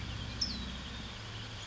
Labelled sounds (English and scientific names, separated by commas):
California Towhee (Melozone crissalis)